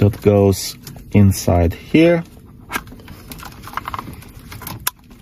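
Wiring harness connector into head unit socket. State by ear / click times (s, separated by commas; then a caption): seated / 4.9 s. A wiring harness connector is pushed into its socket on a 12.8-inch Android touch-screen head unit being installed in a 2012–2015 Mercedes-Benz ML/GL. Someone talks, then soft rattling and scraping of the connector follow, and a sharp click at 4.9 s shows it has seated properly.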